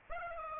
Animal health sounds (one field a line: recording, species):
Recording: mosquito wingbeat signal from an infrared sensor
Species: Aedes aegypti